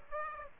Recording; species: mosquito wingbeat signal from an infrared sensor; Aedes aegypti